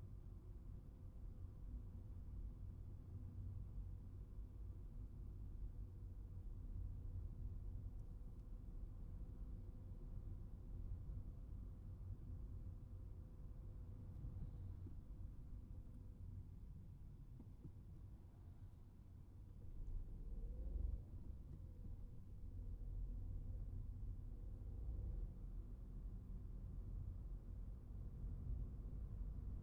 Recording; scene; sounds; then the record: everyday scene through a hearing-aid microphone; in a vehicle; engine, traffic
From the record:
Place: Skoda Fabia, gasoline engine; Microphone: behind the ear, right, front